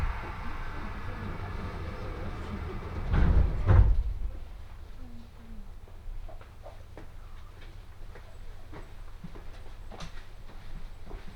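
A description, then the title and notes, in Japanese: A train ride on the Tohoku Main Line, with a steady low rumble, a loud burst around three to four seconds, then quieter clicks and knocks. 鉄道旅 東北本線 郡山→福島。郡山から福島の間はE721系電車4両編成になり、先ほどまでの混雑ぶりから一息つけた感じです。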